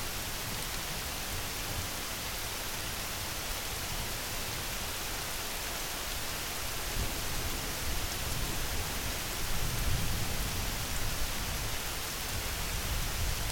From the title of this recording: MIDNIGHT RAIN